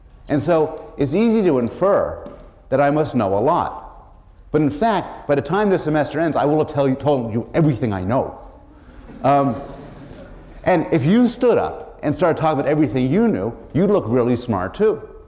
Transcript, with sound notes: and so it’s easy to infer that I must know a lot but in fact by the time this semester ends I will have tell you — told you everything I know. [laughter] And if you stood up and started talking about everything you knew you’d look really smart too.